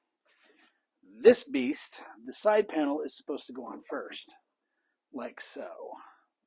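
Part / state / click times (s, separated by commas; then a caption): plastic side panel on a toy starship / not seated / none. A plastic side panel is handled and fitted onto a toy starship while someone talks over it. No click or snap is heard, and nothing has seated yet; the panel is not home.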